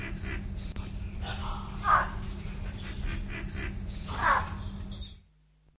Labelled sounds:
Orange-bellied Fruit Dove (Ptilinopus iozonus) call

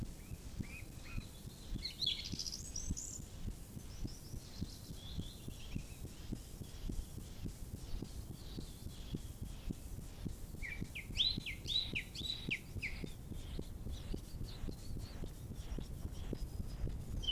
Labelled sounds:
Song Thrush (Turdus philomelos) song

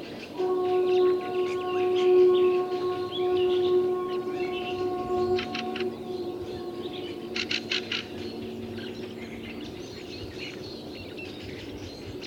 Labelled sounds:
Fieldfare (Turdus pilaris) song

